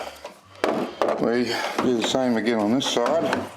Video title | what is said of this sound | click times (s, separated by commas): Fitting a towbar to my Hilux - Part 2 | it clicks I hope that clip was audible and then please | 0.6 s, 1.0 s